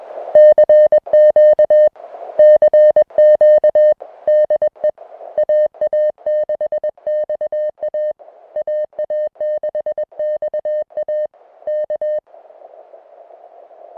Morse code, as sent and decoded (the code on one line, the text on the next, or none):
-.-. --.- / -.-. --.- / -.. . / .- .- -.... -..- .- / .- .- -.... -..- .- / -.-
CQ CQ DE AA6XA AA6XA K